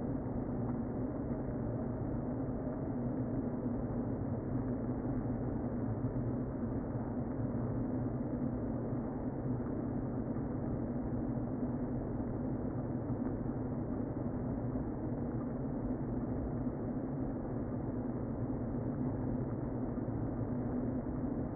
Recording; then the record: honeybee colony, microphone inside the hive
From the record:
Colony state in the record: queen present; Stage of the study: before two queens were removed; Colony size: about 60,000 bees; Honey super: yes